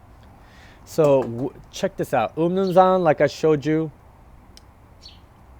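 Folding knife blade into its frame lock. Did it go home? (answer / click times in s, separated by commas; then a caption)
yes / 4.6 s. A Chris Reeve Umnumzaan folding knife's metal blade is opened and locks into its frame lock. Someone talks for about three seconds, then after a pause a subtle, soft, precise click is heard at 4.6 s as the blade locks open.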